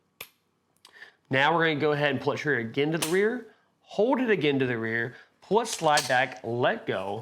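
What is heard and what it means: During a post-reassembly function check of a CZ P10C pistol, the trigger is held to the rear while the slide is cycled, then eased forward until the trigger bar resets in the polymer frame's fire control group. A sharp click of the trigger resetting is heard at 0.2 s, followed by a few faint clicks and then someone talking through the rest of the clip.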